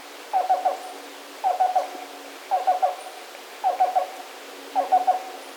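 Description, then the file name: Black-billed cuckoo, hollow repeated coo notes in quick groups of three or four, five evenly spaced phrases about a second apart, quiet steady background. "Black-billed Cuckoo - Coccyzus erythropthalmus"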